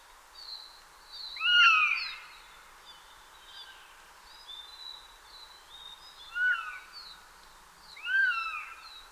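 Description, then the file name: Eurasian jay calls: three loud, arching notes spaced by pauses, amid thinner high calls. "Garrulus glandarius"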